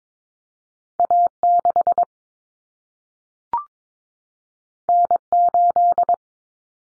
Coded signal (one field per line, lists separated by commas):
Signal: Morse code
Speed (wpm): 22 wpm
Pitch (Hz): 700 Hz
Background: none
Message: A6 N8